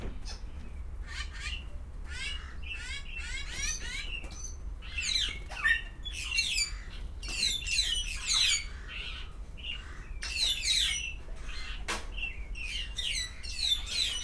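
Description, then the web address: Grey parrot calling in quick, harsh, rasping squawks and whistled notes, nearly continuous throughout, with low background hum. Captive birds at a zoo in Szeged, recorded in 2011. "szegedizoo. jakopapagaj"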